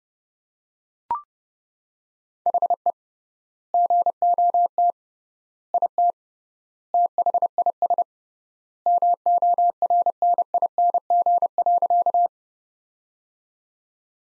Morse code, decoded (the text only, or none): HE GOT IT THIS MORNING.